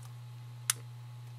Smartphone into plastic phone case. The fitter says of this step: heard that click on there I'm also not happy with the lack of lay on the table design